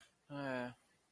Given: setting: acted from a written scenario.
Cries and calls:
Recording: vocal sound without words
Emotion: sympathy

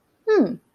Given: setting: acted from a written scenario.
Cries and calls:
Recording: vocal sound without words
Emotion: interest

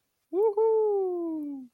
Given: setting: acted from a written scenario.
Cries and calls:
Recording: vocal sound without words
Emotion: elation

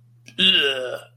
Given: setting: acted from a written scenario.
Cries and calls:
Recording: vocal sound without words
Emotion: disgust

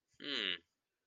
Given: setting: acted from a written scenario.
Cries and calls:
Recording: vocal sound without words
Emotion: adoration

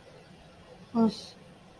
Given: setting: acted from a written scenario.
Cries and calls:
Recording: vocal sound without words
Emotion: neutral

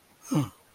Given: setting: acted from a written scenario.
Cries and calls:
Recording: vocal sound without words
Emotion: interest

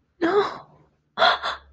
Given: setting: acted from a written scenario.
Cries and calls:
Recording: vocal sound without words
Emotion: fear

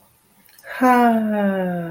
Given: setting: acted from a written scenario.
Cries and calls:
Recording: vocal sound without words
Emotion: contentment

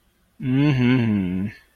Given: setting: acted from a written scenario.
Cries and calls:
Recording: vocal sound without words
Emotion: sympathy

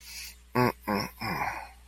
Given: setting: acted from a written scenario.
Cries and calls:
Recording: vocal sound without words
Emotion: shame

